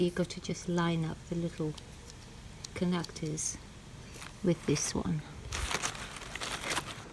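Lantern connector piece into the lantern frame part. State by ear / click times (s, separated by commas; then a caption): not seated / none. Someone talks while lining up the small plastic connectors of a lantern connector piece with the matching lantern frame part on a rebuilt paper lantern, before pushing them together. The paper frame crinkles and rustles, with louder crinkling bursts from about 5.6 to 6.4 s. Nothing has seated or clicked yet.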